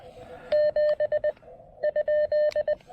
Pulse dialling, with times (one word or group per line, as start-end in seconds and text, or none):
none